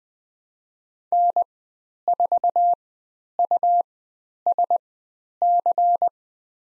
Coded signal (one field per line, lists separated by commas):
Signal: Morse code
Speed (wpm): 20 wpm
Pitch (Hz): 700 Hz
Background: none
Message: N4USC